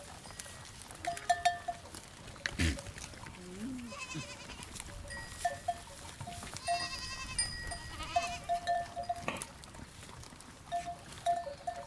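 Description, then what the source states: Goats give scattered wavering bleats while bells clink repeatedly and rustling movement continues in the background. Goats grazing.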